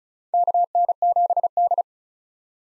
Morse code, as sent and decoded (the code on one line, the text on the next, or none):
-.- -. --... -..
KN7D